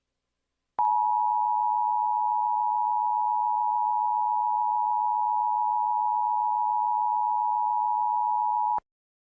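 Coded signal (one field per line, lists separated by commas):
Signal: Emergency Alert System (SAME) tones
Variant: 853 and 960 Hz attention tone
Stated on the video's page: EAS mock reenacting a 2021 Kentucky tornado emergency, using borrowed alert audio and a cable-box (Xfinity) loading screen.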